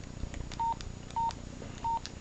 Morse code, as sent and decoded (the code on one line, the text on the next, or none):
none